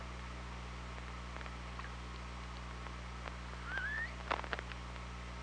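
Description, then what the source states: Orca call underwater: a single rising, wavering tonal call late, followed by a burst of clicks, over constant low humming. Recorded on the OrcaLab hydrophone, 24 August 2017 at 07:44.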